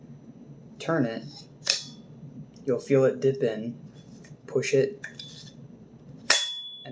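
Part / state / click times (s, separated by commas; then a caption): quick release coupler halves joining two saber hilt sections / seated / 6.3 s. Someone talks while the two halves of a metal Saber Forge quick-release coupler, joining two saber hilt sections, are pushed together and turned. A sharp metallic clink at 6.3 s marks the mechanism locking into place.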